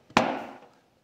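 An aftermarket paper air filter is pressed into the groove of a Suzuki GSX-S1000 motorcycle airbox, with a faint tap at 0.1 s and then a sharp knock at 0.2 s that rings out and fades by about 0.8 s. The filter does not stay seated and lifts back up on one side. It has to be forced down evenly with both hands, and its fit is not as good as the original filter's.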